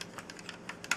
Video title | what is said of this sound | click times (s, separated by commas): TF Review 053 - Fansproject Protector (Rodimus Prime) Pt. 1 | this snaps right there, this | 0.9 s